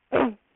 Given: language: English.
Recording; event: throat vibration sensor signal played as sound; throat clearing